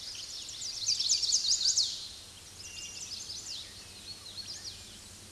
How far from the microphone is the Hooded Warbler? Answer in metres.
about 100 m